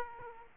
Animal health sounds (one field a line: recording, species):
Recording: mosquito wingbeat signal from an infrared sensor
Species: Aedes aegypti